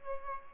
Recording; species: mosquito wingbeat signal from an infrared sensor; Aedes albopictus